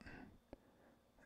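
A slide takedown lever from a Geisler Defence 19x lower parts kit is rocked over its spring into a polymer pistol frame. A single sharp snap at 0.5 s stands out against quiet background noise. The lever is seated in the frame.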